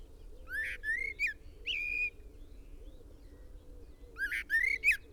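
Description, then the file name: Common blackbird song: two short groups of slurred whistled notes with harsh edges, separated by a pause, with soft low cooing in the background. "Turdus merula"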